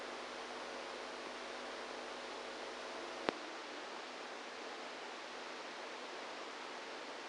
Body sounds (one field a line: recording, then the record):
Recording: brain microelectrode recording played as sound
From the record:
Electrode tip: inside the subthalamic nucleus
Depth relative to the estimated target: -4 mm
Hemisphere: right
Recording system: NeuroSet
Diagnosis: Parkinson's disease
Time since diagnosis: 27 years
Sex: male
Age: 62 years